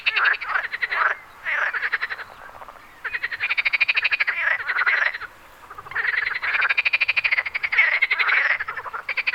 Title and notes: Wyspa Sobieszewska, Gdańsk, Poland - Frogs. Żaby. rec Rafał Kołacki